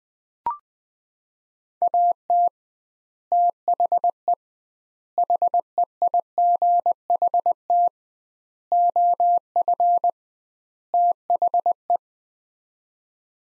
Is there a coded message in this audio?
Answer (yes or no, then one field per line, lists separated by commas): yes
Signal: Morse code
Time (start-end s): 1.8-12.0 s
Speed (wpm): 20 wpm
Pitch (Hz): 700 Hz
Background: none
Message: AT THE HEIGHT OF THE